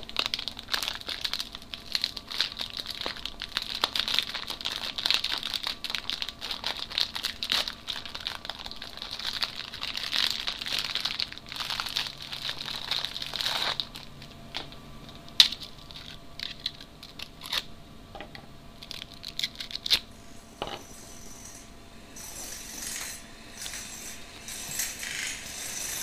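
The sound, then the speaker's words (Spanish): Two fortune cookies being unwrapped and cracked open: a long stretch of crisp plastic crinkling and rustling, then quieter, sparse snaps and clicks with a few sharp cracks, no voices. “En este programa, dos galletas de la suerte.”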